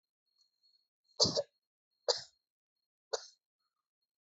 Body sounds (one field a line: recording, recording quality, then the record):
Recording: shallow voluntary cough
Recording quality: excellent, no background noise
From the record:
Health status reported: healthy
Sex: female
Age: 42 years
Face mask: not worn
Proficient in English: yes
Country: India